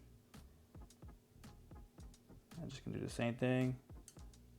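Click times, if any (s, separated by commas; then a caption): 4.1 s. Someone installing a BTR 660 valve spring kit on an 821 LS3 cylinder head presses down on one side of a small part on a valve stem and runs the edge of a finger across it, repeating the move on another valve while someone talks. Light taps and ticks come through before a sharp snap at 4.1 s, when the part seats into place.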